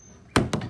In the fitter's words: whenever you snap it in you hear it kind of lock in place and that suckers not going nowhere